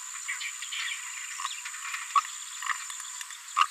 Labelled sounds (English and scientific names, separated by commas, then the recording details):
Green-rumped Parrotlet (Forpus passerinus) babbling
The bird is a female
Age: 26 days
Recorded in a nest box in Venezuela
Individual 17B73B3